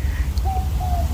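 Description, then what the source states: Southern Boobook hooting: two mid-pitched hoots in quick succession, the second slightly falling, over a steady low rumble. Also called mopoke, call said to sound like 'mopoke' or 'boo book'; calling about half an hour after sunset, very still, Dandenong Ranges hills, eastern Melbourne, Australia.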